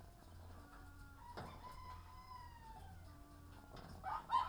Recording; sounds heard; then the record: poultry house recording; sick chickens (respiratory disease)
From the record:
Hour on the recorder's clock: 17